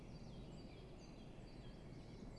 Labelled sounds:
Great Tit (Parus major)
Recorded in Germany
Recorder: ecoPi

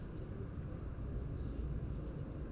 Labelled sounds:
none
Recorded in Germany
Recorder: ecoPi

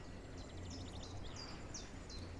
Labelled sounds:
Common Chaffinch (Fringilla coelebs)
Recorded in Germany
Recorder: ecoPi

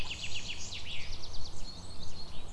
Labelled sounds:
Common Chaffinch (Fringilla coelebs)
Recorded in Germany
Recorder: ecoPi

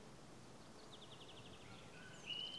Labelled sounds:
Common Chaffinch (Fringilla coelebs)
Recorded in Germany
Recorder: ecoPi

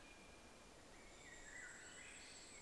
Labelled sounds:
Common Blackbird (Turdus merula)
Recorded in Germany
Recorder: ecoPi

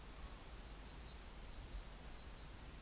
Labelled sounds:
Great Tit (Parus major)
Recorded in Germany
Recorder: ecoPi

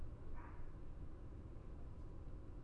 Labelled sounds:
none
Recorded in Germany
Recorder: ecoPi

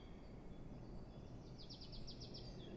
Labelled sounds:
Great Tit (Parus major)
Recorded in Germany
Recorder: ecoPi

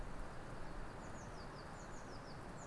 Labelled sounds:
Eurasian Blue Tit (Cyanistes caeruleus)
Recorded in Germany
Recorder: ecoPi

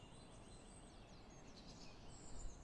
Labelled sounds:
Song Thrush (Turdus philomelos)
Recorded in Germany
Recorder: ecoPi

